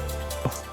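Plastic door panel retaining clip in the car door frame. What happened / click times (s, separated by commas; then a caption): A plastic retaining clip pops loose / 0.5 s. A plastic interior door panel on a Lexus IS300 is pulled away from the car door frame to replace the interior door handle, until a plastic retaining clip lets go. A single sharp pop at 0.4 s stands out over steady background music. The clip releases and the panel comes free.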